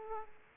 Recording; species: mosquito wingbeat signal from an infrared sensor; Aedes aegypti